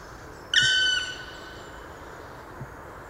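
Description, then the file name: Black woodpecker sounding a lone sustained, mournful call note that trails off, followed by quiet hiss and a soft low thud. Recorded on 6 December 2014 in a park garden in Landshut. "Schwarzspecht 06 12 2014 Hofgarten Landshut LA Susanne Rieck"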